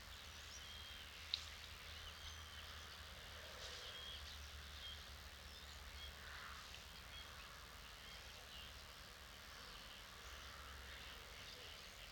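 An evening recorded with a dummy head in a clay pit: a steady, quiet bed of sound with a low hum running underneath. Faint bird calls and insect-like chirring drift in the upper range, and a single sharp click stands out near the start.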